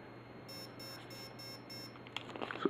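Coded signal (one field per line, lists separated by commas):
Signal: beep code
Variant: Align ESC programming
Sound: five short evenly spaced electronic beeps, then clicks and rustling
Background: low hum, handling clicks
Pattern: 5 short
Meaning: Fifth programming mode: throttle response setting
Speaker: fifth mode they want quick speed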